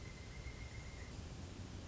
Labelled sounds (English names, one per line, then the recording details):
Pileated Woodpecker
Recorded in Sonoma County, California